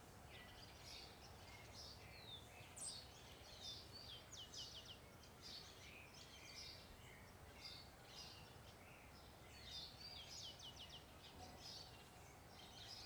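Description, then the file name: Birds give high chirps, downslurred notes and brief rapid trills throughout, over a continuous low background hum. Ambience recorded in a park, with birds. "Ambiencia parque olhos dagua com passaros, vozes e passa uma moto no final"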